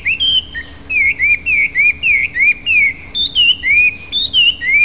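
Hwamei song of rich whistled phrases, rising and falling slurs in quick succession with brief pauses, steady low hum underneath.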